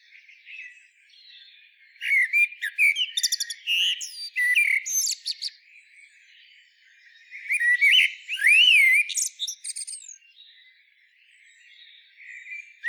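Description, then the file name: Common blackbird delivering a few fluted, wavering whistles followed by thin squeaky twitters, in two phrases separated by a quiet gap. "Turdus merula"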